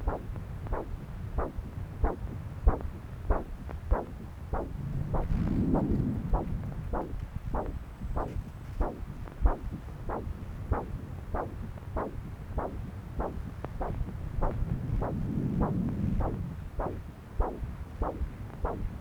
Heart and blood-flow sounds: Doppler ultrasound of blood flow; right subclavian vein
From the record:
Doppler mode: continuous wave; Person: adult scuba diver, at rest before a dive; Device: O'Dive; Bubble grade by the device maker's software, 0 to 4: 0

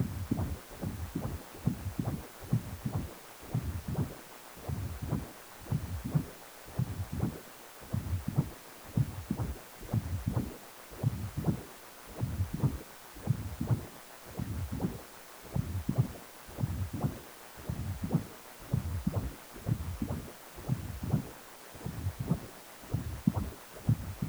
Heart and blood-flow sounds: Doppler ultrasound of blood flow; precordium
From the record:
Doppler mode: continuous wave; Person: healthy adult, 18 to 50 years, no heart murmur, not diving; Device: 2.5 MHz transducer

